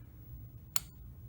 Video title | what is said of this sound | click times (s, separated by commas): HOW TO USE A TORQUE WRENCH.. | until you hear that click | 0.8 s